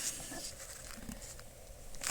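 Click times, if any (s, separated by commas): 2.1 s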